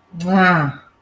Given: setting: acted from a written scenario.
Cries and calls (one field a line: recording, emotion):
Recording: vocal sound without words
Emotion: disappointment